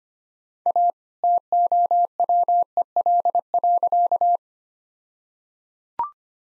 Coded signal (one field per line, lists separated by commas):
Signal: Morse code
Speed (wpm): 25 wpm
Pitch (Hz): 700 Hz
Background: none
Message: A TOWEL.